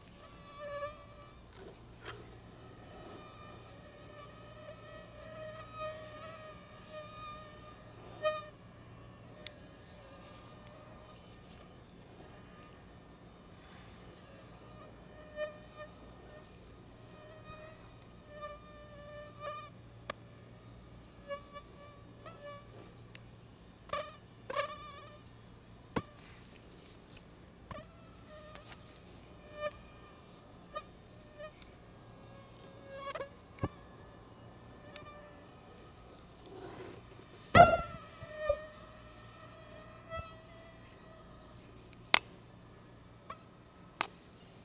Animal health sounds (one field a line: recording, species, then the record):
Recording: mosquito flight sound by mobile phone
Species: Aedes albopictus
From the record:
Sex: female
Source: CDC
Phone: Google Nexus